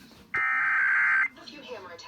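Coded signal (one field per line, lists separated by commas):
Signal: Emergency Alert System (SAME) tones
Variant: header bursts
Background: speech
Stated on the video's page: Required Monthly Test relayed by a television station and an FM station on 96.3 MHz.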